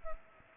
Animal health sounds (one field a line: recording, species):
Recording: mosquito wingbeat signal from an infrared sensor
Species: Culex pipiens